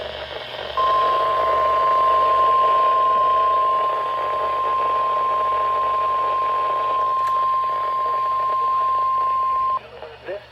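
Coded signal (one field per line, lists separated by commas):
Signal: Emergency Alert System (SAME) tones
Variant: 1050 Hz attention tone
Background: speech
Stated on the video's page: Required weekly tests from NOAA weather radio transmitters.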